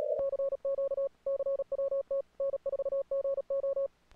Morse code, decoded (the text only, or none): CQ CWT N4GO